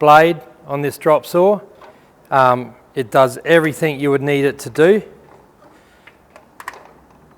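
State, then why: Seated. Someone talks for the first five seconds, then the metal table of a 300 mm drop saw (miter saw) is swung across its angle scale. Sharp clicks at 6.4, 6.6 and 6.7 seconds mark the turntable seating into its preset degree stops.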